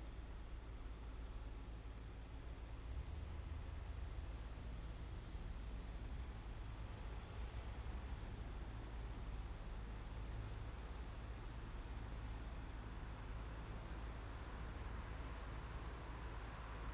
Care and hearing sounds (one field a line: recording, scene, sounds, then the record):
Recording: everyday scene through a hearing-aid microphone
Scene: in traffic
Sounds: traffic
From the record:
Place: main city hub, rush hour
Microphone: behind the ear, right, rear